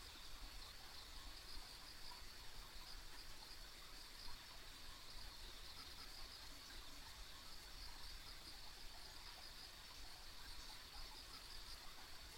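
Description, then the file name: High insect trills blending into one constant chorus, with slight pulsing texture, over a low-frequency rumble. Ambient insect sounds recorded along a rural country road. "田舎道の虫の環境音"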